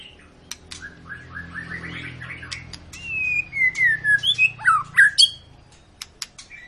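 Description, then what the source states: White-rumped shama song: a run of short rising whistled notes, then long sliding whistles and sharp high chips, over a faint low hum. Long lure recording of actively singing white-rumped shama, played to make other birds sing.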